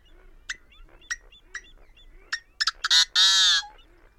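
Bird calls: a few short, sharp notes, then a quick cluster building into a loud, harsh, sustained squawk.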